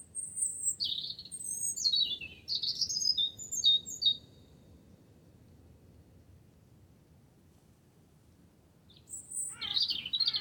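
Wren song: rapid high, slurred notes for about four seconds, a long pause, then a new high phrase begins near the end.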